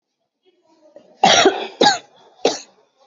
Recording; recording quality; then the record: heavy voluntary cough; excellent, no background noise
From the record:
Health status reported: exposed to COVID-19, no respiratory illness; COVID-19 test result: negative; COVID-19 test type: RT-PCR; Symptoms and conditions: cough, cold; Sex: female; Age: 35 years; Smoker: no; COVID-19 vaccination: both doses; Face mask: worn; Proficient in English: yes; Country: India